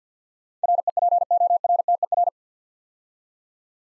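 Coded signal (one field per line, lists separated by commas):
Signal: Morse code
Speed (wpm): 52 wpm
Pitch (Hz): 700 Hz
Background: none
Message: REPORTER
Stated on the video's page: Morse word-copying practice at 50 wpm, eight-letter words, each word sent twice.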